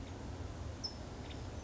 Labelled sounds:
California Towhee (Melozone crissalis)
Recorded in Sonoma County, California

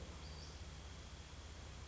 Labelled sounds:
Western Flycatcher (Empidonax difficilis)
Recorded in Sonoma County, California

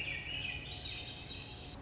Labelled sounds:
Swainson's Thrush (Catharus ustulatus)
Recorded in Sonoma County, California

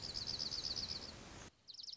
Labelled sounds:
Dark-eyed Junco (Junco hyemalis)
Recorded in Sonoma County, California

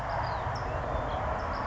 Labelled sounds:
California Towhee (Melozone crissalis)
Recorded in Sonoma County, California

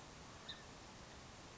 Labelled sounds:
House Finch (Haemorhous mexicanus)
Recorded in Sonoma County, California

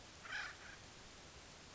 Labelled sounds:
Acorn Woodpecker (Melanerpes formicivorus)
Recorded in Sonoma County, California

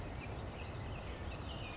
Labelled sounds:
Western Flycatcher (Empidonax difficilis)
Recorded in Sonoma County, California

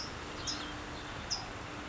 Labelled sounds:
California Towhee (Melozone crissalis)
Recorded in Sonoma County, California

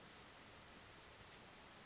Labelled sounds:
Oak Titmouse (Baeolophus inornatus)
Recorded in Sonoma County, California

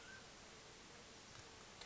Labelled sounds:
Mountain Quail (Oreortyx pictus)
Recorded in Sonoma County, California

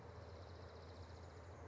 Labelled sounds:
Dark-eyed Junco (Junco hyemalis)
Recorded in Sonoma County, California

